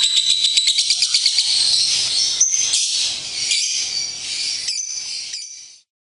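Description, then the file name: Lovebird chattering song: a quick run of sharp repeated notes, then a dense, high, continuous twittering chatter that stops abruptly near the end. Lovebird performing long ngekek. "lovebird ngekek panjang. omkicau"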